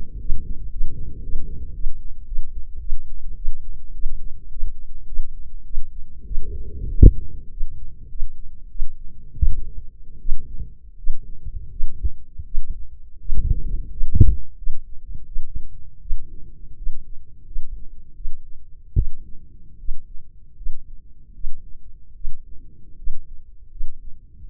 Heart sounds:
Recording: heart sounds by microphone in the left ear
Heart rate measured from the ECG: 89 bpm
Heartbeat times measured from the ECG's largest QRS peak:
0.20 s: heartbeat
0.71 s: heartbeat
1.22 s: heartbeat
1.74 s: heartbeat
2.26 s: heartbeat
2.80 s: heartbeat
3.36 s: heartbeat
3.94 s: heartbeat
4.51 s: heartbeat
5.07 s: heartbeat
5.65 s: heartbeat
6.26 s: heartbeat
6.89 s: heartbeat
7.51 s: heartbeat
8.10 s: heartbeat
8.70 s: heartbeat
9.35 s: heartbeat
10.20 s: heartbeat
10.98 s: heartbeat
11.71 s: heartbeat
12.45 s: heartbeat
13.19 s: heartbeat
13.90 s: heartbeat
14.57 s: heartbeat
15.26 s: heartbeat
16.00 s: heartbeat
16.76 s: heartbeat
17.46 s: heartbeat
18.15 s: heartbeat
18.95 s: heartbeat
19.78 s: heartbeat
20.56 s: heartbeat
21.33 s: heartbeat
22.14 s: heartbeat
22.96 s: heartbeat
23.70 s: heartbeat
24.39 s: heartbeat
From the record:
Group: healthy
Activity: rest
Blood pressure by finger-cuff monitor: 114/73 mmHg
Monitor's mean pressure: 84 mmHg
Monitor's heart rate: 87 bpm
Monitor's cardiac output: 6.8 L/min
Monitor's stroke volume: 76 mL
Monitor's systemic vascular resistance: 870 dyn s/cm5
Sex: female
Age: 23 years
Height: 160 cm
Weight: 50.4 kg

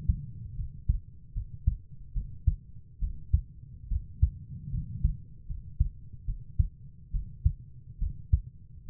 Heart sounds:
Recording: heart sounds by stethoscope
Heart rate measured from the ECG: 72 bpm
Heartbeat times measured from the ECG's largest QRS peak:
0.57 s: heartbeat
1.34 s: heartbeat
2.14 s: heartbeat
3.00 s: heartbeat
3.89 s: heartbeat
4.72 s: heartbeat
5.48 s: heartbeat
6.26 s: heartbeat
7.12 s: heartbeat
8.00 s: heartbeat
8.87 s: heartbeat
From the record:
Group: healthy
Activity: rest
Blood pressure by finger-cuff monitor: 116/63 mmHg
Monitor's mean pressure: 79 mmHg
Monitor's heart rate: 72 bpm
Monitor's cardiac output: 6.6 L/min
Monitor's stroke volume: 94 mL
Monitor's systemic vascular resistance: 820 dyn s/cm5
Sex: female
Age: 22 years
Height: 160 cm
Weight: 63 kg

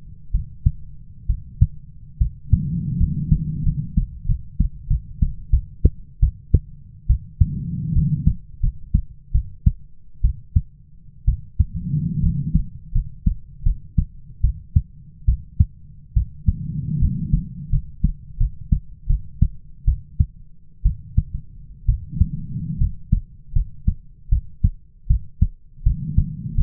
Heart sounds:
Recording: heart sounds by stethoscope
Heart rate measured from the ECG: 75 bpm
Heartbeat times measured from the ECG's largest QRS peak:
0.32 s: heartbeat
1.27 s: heartbeat
2.19 s: heartbeat
2.98 s: heartbeat
3.63 s: heartbeat
4.26 s: heartbeat
4.88 s: heartbeat
5.51 s: heartbeat
6.20 s: heartbeat
7.07 s: heartbeat
7.93 s: heartbeat
8.61 s: heartbeat
9.32 s: heartbeat
10.22 s: heartbeat
11.25 s: heartbeat
12.21 s: heartbeat
12.92 s: heartbeat
13.63 s: heartbeat
14.41 s: heartbeat
15.26 s: heartbeat
16.14 s: heartbeat
16.99 s: heartbeat
17.70 s: heartbeat
18.38 s: heartbeat
19.07 s: heartbeat
19.85 s: heartbeat
20.83 s: heartbeat
21.86 s: heartbeat
22.78 s: heartbeat
23.53 s: heartbeat
24.29 s: heartbeat
25.07 s: heartbeat
25.84 s: heartbeat
26.55 s: heartbeat
From the record:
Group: healthy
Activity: rest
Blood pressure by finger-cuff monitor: 99/62 mmHg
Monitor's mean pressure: 74 mmHg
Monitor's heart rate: 78 bpm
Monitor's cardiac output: 6.7 L/min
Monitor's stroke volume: 88 mL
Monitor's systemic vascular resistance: 800 dyn s/cm5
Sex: female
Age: 22 years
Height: 157 cm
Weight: 47.6 kg

